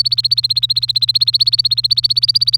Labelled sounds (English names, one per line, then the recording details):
Domestic Canary song
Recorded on 24 April 2018 at 06:32
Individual llb3